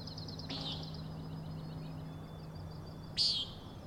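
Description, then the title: Common nighthawk: a soft peent, then one sharp, loud nasal peent, with a high trill running between them. Three birds giving peenting calls, flying in close formation very near the recordist; Overlook, Schoodic Head, Acadia National Park, Winter Harbor, Maine; 16 June 2017, 4am. "Common Nighthawks, Schoodic Head 061617 4am"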